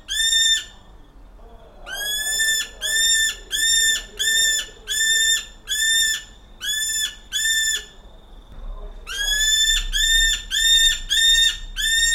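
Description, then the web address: New Zealand falcon calling with harsh, ringing, strongly harmonic screams, about one and a half per second in long series, with a short pause before the final rapid run. "Nieuwzeelandse valk SND-Falco novaeseelandiae"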